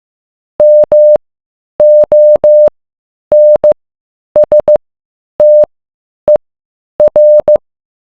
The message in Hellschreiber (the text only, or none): none